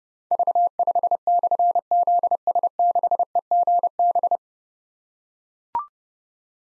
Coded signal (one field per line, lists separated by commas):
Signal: Morse code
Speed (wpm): 32 wpm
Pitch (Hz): 700 Hz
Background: none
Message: V5/ZS6EGB